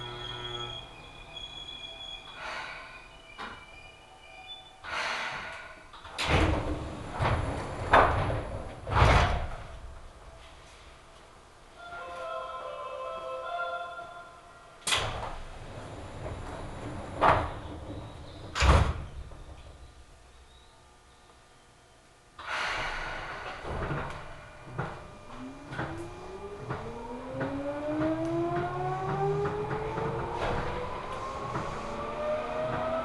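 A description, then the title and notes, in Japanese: Aboard a Seibu Ikebukuro Line local train from Ikebukuro toward Kiyose: the doors thump and slide shut with sharp knocks in the first twenty seconds, over short chime-like tones. From about 23 seconds the motors start up with a rising whine as the train accelerates. 西武池袋線普通 池袋→清瀬。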